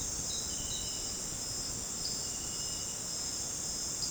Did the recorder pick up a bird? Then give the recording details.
no. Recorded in dense forest near Puerto Asís, Putumayo, Colombia, on 13 March 2025 at 18:30. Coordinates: 0.486, -76.317. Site G053